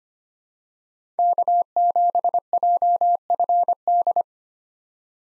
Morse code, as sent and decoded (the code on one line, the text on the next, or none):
-.- --... .--- ..-. -..
K7JFD